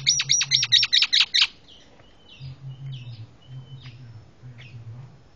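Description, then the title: Javan myna uttering a quick burst of harsh, high chattering notes, then a few thin whistles over a low humming background. Very noisy master calls used for tutoring caged birds. "Jalak Kebo Master Suara Super Berisik Buat Masteran"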